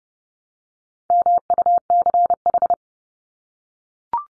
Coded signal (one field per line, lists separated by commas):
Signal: Morse code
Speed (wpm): 30 wpm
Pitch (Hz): 700 Hz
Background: none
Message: MUCH